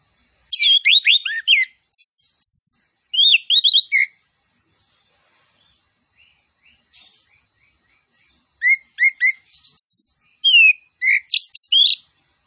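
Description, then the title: Orange-headed thrush song: rapid bursts of descending whistles and high trills, a quiet gap of several seconds, then renewed varied phrases. Master recording of vigorous (gacor) singing with full fill-in phrases and 'tembakan cililin' style shots. "Anis Kembang Gacor. MASTERAN ANIS KEMBANG ISIAN FULL DENGAN TEMBAKAN CILILIN"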